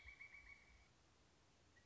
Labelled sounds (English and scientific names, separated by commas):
Pileated Woodpecker (Dryocopus pileatus)